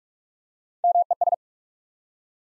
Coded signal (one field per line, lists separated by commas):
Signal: Morse code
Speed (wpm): 44 wpm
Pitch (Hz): 700 Hz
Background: none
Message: MES